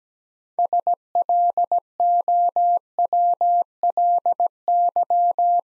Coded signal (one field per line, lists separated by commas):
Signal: Morse code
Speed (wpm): 17 wpm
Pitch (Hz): 700 Hz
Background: none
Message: SLOWLY